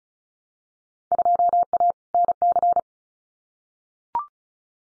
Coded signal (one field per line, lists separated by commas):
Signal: Morse code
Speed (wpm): 36 wpm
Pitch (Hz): 700 Hz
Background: none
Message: 2A NC